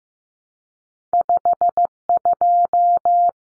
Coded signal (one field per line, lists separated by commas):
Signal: Morse code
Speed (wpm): 15 wpm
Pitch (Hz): 700 Hz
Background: none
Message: 52